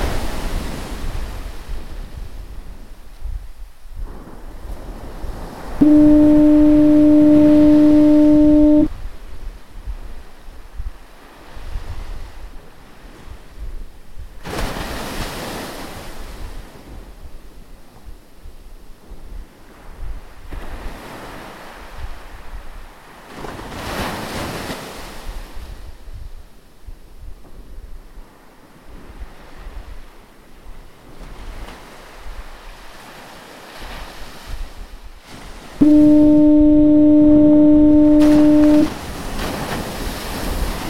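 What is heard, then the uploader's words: Atlantic waves roll onto a sandy beach in a steady, rushing wash, with louder surges breaking every few seconds around 15, 20 and 25 seconds. A foghorn sounds twice, a loud, steady low tone lasting about three seconds each time, near 6 and 36 seconds. Background sound "Atlantic waves at sandy beach , ondas do mar na praia, Wellen am Strand" by Panamatom. Generated sound of Dun Laoghaire East Pier foghorn in Audacity.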